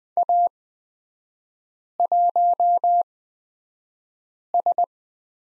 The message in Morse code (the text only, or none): A1S